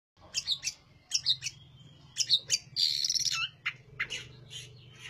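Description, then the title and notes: Oriental magpie-robin: songbird delivering rapid scratchy chirps and a dense harsh burst, over a steady low hum in the background. Tutor song recording for training other birds; described as singing loudly and energetically. "Suara Burung Kacer masteran. burung kacer gacor hebat"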